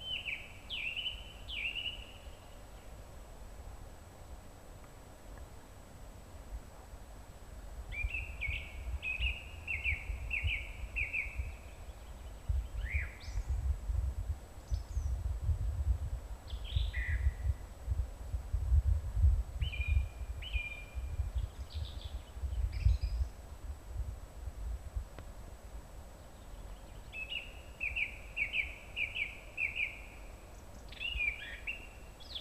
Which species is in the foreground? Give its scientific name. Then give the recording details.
Turdus philomelos. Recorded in the wild. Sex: male. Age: adult. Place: Mirnock, Kärnten, AT. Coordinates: 46.75, 13.7. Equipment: Hornyphon, Phillips Mikrofon. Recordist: Brunner, Thomas